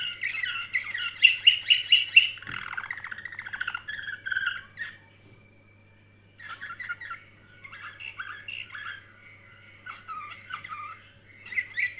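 Canary song opening with a loud rapid trill, then softer warbling and twittered phrases separated by short pauses, a low hum in the background.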